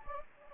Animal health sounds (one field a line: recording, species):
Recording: mosquito wingbeat signal from an infrared sensor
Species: Anopheles gambiae